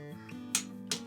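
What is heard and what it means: A click-type torque wrench tightens the next front brake disc bolt, on the opposite side of the cross pattern, to 20 foot-pounds on a Kawasaki Ninja Versys ER-6f/ER-6n during brake pad and disc replacement. Sharp clicks ring out at 0.6 s and 0.9 s as the wrench clicks at its setting, confirming the bolt is torqued.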